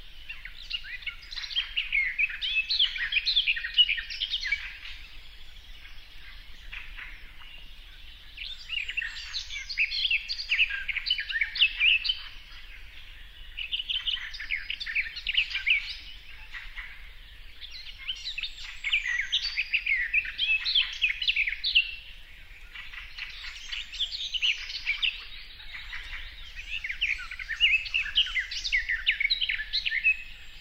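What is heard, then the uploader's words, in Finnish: A lakeside forest waking on an early summer morning, filled with a dense, continuous chorus of many birds singing at once. Bright, busy song swells and eases in waves every few seconds, over a faint low rumble in the background. Kuhankeittäjän rantakoivikko. Järven rantametsä herää alkukesän aamuun.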